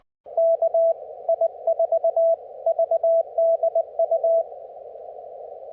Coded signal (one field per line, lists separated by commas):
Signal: Morse code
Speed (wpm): 19 wpm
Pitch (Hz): 660 Hz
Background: none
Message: KI4VDU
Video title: 11-26-25 Afternoon POTA Activation At US 9935